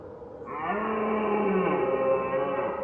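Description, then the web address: Red deer sounds one steady, drawn-out moaning roar that swells slightly toward the end. Recorded at far distance. "fvtt-sonniss-gdc-audio red-deer-far-distance-ms"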